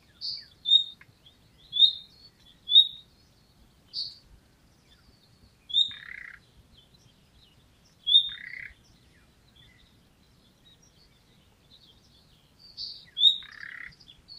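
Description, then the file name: Common nightingale song: a run of short high whistled notes followed by occasional rasping buzzy bursts, separated by pauses, with no other clear sounds. "Luscinia megarhynchos"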